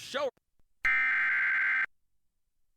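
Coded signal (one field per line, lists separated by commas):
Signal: Emergency Alert System (SAME) tones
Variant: header bursts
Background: speech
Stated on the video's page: Severe thunderstorm warning alert broadcast over a TV subchannel during a children's program.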